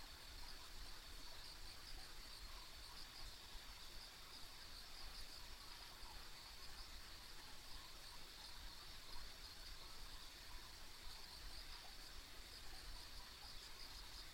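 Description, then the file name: Insects sing as a continuous shrill trilling band that stays level throughout, above a soft low rumble. Ambient insect sounds recorded along a rural country road. "田舎道の虫の環境音"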